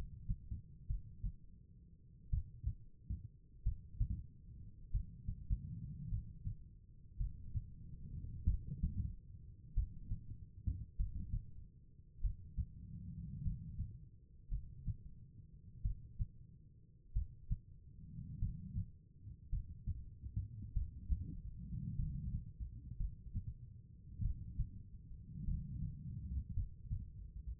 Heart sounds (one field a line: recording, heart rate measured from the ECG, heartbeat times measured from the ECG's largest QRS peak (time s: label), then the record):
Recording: heart sounds by stethoscope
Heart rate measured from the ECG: 49 bpm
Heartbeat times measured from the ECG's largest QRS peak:
0.88 s: heartbeat
2.30 s: heartbeat
3.64 s: heartbeat
4.92 s: heartbeat
6.10 s: heartbeat
7.18 s: heartbeat
8.46 s: heartbeat
9.75 s: heartbeat
10.97 s: heartbeat
12.21 s: heartbeat
13.43 s: heartbeat
14.49 s: heartbeat
15.82 s: heartbeat
17.13 s: heartbeat
18.39 s: heartbeat
19.50 s: heartbeat
20.73 s: heartbeat
21.96 s: heartbeat
22.97 s: heartbeat
24.22 s: heartbeat
25.45 s: heartbeat
26.54 s: heartbeat
From the record:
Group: healthy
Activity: rest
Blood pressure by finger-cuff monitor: 95/55 mmHg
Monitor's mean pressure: 67 mmHg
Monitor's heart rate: 49 bpm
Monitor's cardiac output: 4.5 L/min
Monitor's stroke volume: 88 mL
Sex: female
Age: 36 years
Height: 163 cm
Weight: 88 kg